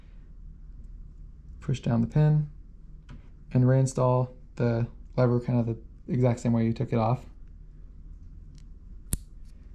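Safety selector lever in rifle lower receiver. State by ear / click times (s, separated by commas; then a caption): seated / 9.1 s. A factory safety selector lever is reinstalled into a rifle lower receiver, pushed against its spring-loaded detent pin while someone talks. After a quiet pause, a sharp click is heard at 9.1 seconds as the lever clicks into place and is seated.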